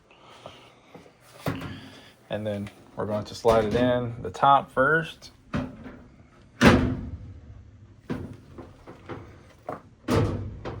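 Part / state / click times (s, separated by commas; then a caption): front panel into washer cabinet top clips / not seated / none. During a lid lock repair on a Speed Queen TR700 top-load washer, the front panel is handled and slid in top first toward the cabinet's top clips while someone talks. Several short knocks and scrapes of the panel are heard, the loudest near 5.5 s and 6.6 s. The panel has not clicked into its clips yet; nothing has seated by the end.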